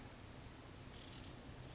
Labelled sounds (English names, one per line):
Oak Titmouse